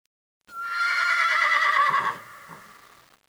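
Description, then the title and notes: Horse neigh: a loud, quavering whinny lasting about a second and a half, sliding slightly downward, then a softer breathy tail fading out. Horse neighing in the forest of Rambouillet. "rambouillet,cheval hennissant. hennissement de cheval dans la foret de rambouillet"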